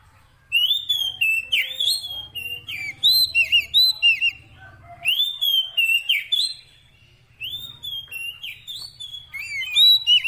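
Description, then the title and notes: Oriental magpie-robin in full song: repeated bursts of rich whistles, trills and chirps, with a faint low hum underneath. Long-duration fill-in (isian) song track meant to make the bird sing energetically (gacor) day and night. "Kacer Jadi Gacor Siang Malam. Isian Kacer Durasi Panjang"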